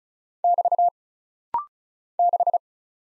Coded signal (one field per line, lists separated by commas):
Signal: Morse code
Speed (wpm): 36 wpm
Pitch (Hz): 700 Hz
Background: none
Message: <BT> 6